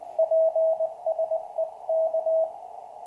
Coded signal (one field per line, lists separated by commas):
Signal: Morse code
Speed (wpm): 20 wpm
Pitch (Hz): 650 Hz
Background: none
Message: PSE K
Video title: #8: QCX - first QSO after repair with Jerry, SP3MEY/QRP